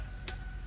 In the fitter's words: we want to go a sweeping motion till it clicks